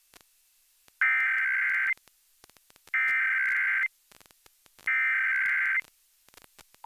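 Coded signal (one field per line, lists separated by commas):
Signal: Emergency Alert System (SAME) tones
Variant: header bursts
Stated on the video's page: National EAS test as heard on an FM station, 89.5.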